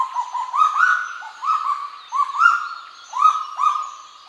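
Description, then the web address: Kagu calls: a run of clear, ringing notes near one pitch, each starting sharply and held briefly, given in quick overlapping bursts with brief pauses between. "sound Kagu. صدای-پرنده-کاگو"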